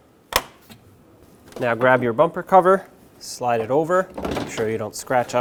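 The plastic filler cap on the windshield washer fluid reservoir of a 2008-2020 Dodge Grand Caravan is popped off so the reservoir can be topped up with brand new washer fluid. A single sharp, loud pop is heard at 0.4 s, then someone talks. The cap comes off.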